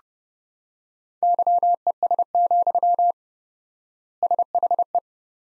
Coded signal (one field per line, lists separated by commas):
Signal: Morse code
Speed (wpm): 30 wpm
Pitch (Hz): 700 Hz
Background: none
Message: YES, SHE